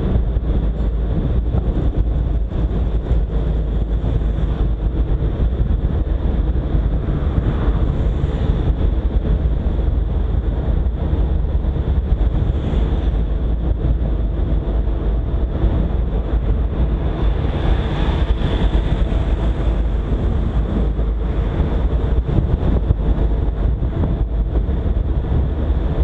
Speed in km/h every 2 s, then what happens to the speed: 46, 43, 42, 42, 41, 43, 44, 43, 42, 43, 44, 42, 41.
0-26 steady at about 43.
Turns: none.